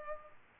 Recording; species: mosquito wingbeat signal from an infrared sensor; Culex pipiens